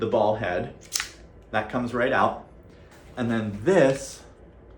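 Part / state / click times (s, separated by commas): extension piece into the socket of a camera grip tripod / not seated / none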